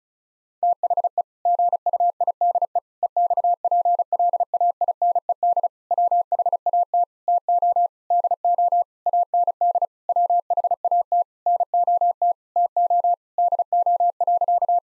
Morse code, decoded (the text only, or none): THE GUIDE EXPLAINED WHAT TO DO AND WHAT NOT TO DO.